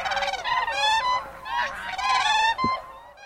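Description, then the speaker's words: Siberian crane giving loud, ringing, bugling calls, several in a row with short pauses between them. Call differs from that of the common crane. "Да, но стерх кричит по-другому, чем серый журавль."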